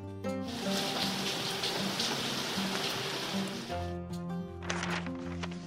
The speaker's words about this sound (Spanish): Que deje de llover.